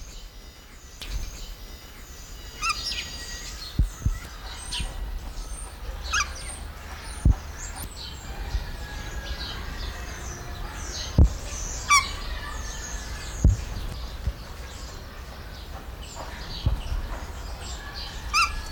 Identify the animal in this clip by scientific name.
Harpia harpyja